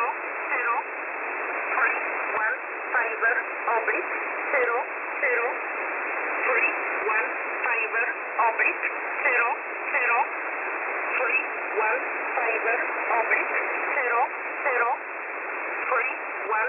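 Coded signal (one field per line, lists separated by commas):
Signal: numbers station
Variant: E11 Oblique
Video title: E11 Oblique 21/11/2022 1300 UTC 4909kHz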